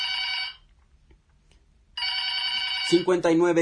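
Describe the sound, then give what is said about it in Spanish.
A telephone rings twice in bright, buzzing electronic bursts separated by a short silence; during the second ring a voice begins speaking over it. “Por teléfono también nos pueden llamar si ustedes gustan.”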